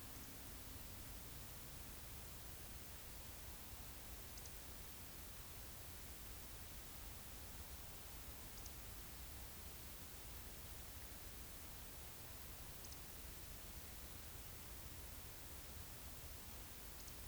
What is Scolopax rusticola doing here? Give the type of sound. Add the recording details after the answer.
whistle. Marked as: whistle, whistle, whistle, whistle, whistle. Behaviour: display flight. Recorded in Baden-Württemberg, Germany, on 10 May 2021 at 19:48 UTC. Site 24606, 635 m above sea level